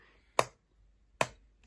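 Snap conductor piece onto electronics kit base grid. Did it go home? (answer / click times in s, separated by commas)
yes / 0.4 s, 1.2 s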